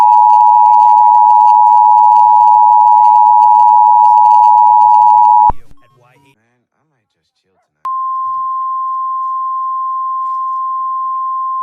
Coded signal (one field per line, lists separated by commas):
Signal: Emergency Alert System (SAME) tones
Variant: 853 and 960 Hz attention tone